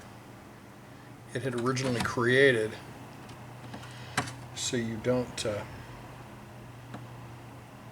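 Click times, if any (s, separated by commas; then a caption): none. A self-tapping screw is turned backwards (counter-clockwise) into an existing thread in a plastic threaded boss while a MacEffects Apple IIe keyboard is installed in the computer case, so the screw's thread can drop into the original thread instead of cutting a new one. Someone talks over faint handling noise, with a sharp tap near 4.2 s and a softer one near 6.9 s. Nothing has clicked or seated yet; the clip ends before the screw goes home.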